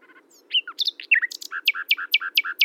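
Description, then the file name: Common nightingale song: a few varied whistles and slurred notes, then a fast rhythmic series of sharp two-part chirps. "Luscinia megarhynchos"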